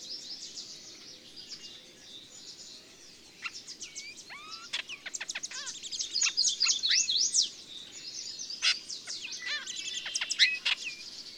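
Bird chorus that starts quietly, then high thin twittering, slurred whistles and clusters of quick sharp chips.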